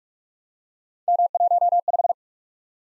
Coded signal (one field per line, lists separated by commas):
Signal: Morse code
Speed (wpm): 44 wpm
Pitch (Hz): 700 Hz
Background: none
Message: M15